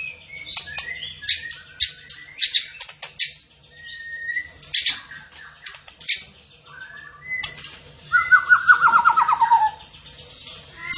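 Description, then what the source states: Zebra finch singing busy mixed phrases of clicks, chirps and whistles, then a long descending rattling trill, with a steady low hum behind. Masteran (tutor) recording of a vigorously singing (gacor) bird.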